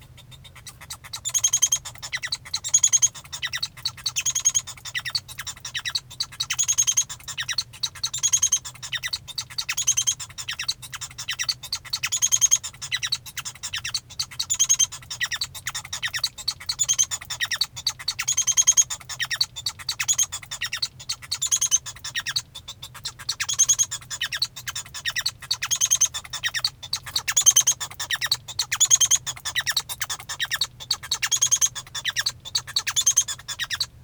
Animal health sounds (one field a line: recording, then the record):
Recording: song of a male Bengalese finch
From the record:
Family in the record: son of father 1